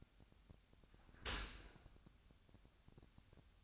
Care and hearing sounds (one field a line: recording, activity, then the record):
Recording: daily activity, microphone in the room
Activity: open dishwasher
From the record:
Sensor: 2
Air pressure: 1006.6 hPa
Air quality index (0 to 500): 202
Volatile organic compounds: 14 ppm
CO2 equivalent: 2476 ppm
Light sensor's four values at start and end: 8/21/8/9 and 8/21/8/9